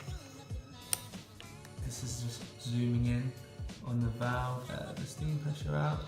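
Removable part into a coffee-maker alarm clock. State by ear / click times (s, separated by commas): seated / 0.9 s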